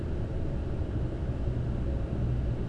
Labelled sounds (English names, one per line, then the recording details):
none
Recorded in Germany
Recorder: ecoPi